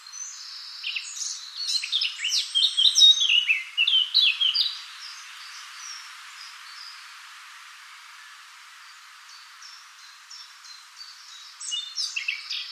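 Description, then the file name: Eurasian blackcap song: a quick jumbled warble of scratchy and fluty notes for about four seconds, then a long quiet pause before another brief burst of song. "Sylvia atricapilla"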